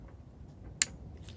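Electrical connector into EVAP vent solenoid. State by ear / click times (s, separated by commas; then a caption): seated / 0.8 s. A plastic electrical connector is pushed into the EVAP vent valve solenoid on a 2014 Chevrolet Silverado with code P0446. On the second push it snaps home with a single sharp, loud click at 0.8 s over low background noise, and it is seated.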